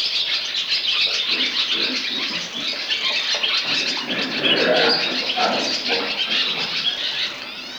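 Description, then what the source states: Barn Swallow twittering in a dense stream of high chirps and chatter, with some lower notes mixed in around the middle. Sweden.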